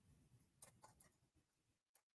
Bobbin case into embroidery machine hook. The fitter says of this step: listen for that click to make sure it's in there right so before I go on to the machine